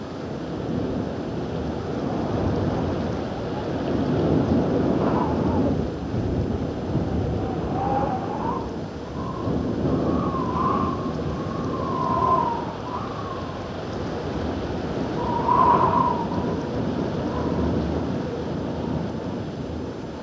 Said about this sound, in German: 740 fallend, wundervoll. Heftige Böen aus Westen und schwer Regen, grandios. 739, Sturmnacht, Aufstehen, prächtigstes Wohlbefinden. Das ist das Wetter für mich.